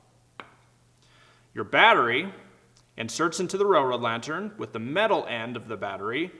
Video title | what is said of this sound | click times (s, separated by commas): How To Charge The Railroad Lantern | until it clicks and then you can lift it directly off | 0.4 s